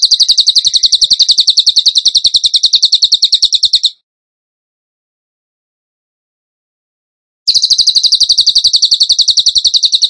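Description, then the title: Bird song: a rapid, steady burst of high chirps for about four seconds, a pause, then the same fast chattering resumes. Masteran (training song for songbirds), tembakan gacor song style. "Masteran Burung Tembakan Gacor"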